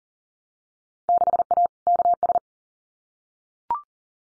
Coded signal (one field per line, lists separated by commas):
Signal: Morse code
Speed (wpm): 39 wpm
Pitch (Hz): 700 Hz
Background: none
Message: 6A KS